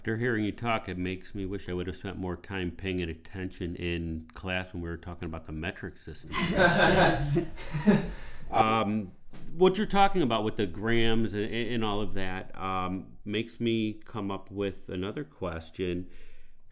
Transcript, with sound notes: After hearing you talk it makes me wish I would've spent more time paying attention in class when we were talking about the metric system. (Laughing) What you're talking about with the gram is in all of that makes me come up with another question.